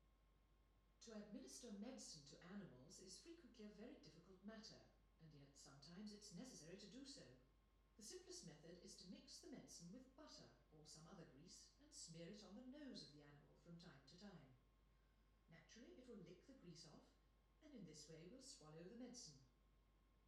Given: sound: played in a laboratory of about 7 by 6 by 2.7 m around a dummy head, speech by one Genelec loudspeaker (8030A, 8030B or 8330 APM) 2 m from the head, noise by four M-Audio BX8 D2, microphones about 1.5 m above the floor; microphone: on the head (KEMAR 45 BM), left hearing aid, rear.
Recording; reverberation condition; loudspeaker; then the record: female speech in English; medium; 30 degrees to the right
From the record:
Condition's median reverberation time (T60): about 510 ms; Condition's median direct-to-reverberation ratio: about -0.5 dB